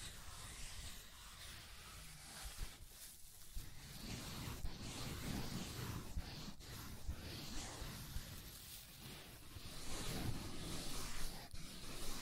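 Scratching and tracing sounds form a dense, continuous rasp that runs the full twelve seconds, with a low rumble underneath. Brief sharper strokes break through irregularly, notably around four, six and a half, and eleven and a half seconds, and it grows slightly louder toward the end.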